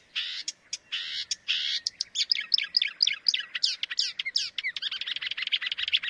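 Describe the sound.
Bird calls: harsh buzzy bursts open, followed by a fast, continuous stream of slurred, varied high chirps and squeaky notes.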